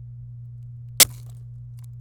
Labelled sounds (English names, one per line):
Domestic Canary song